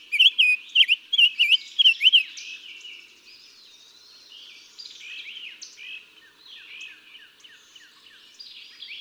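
Summer tanager song: about two seconds of quick, rising-and-falling whistled phrases, followed by a quieter background of various chirping birds.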